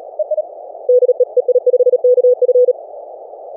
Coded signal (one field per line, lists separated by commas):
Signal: Morse code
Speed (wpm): 36 wpm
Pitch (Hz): 500 Hz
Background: none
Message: DE EI5KF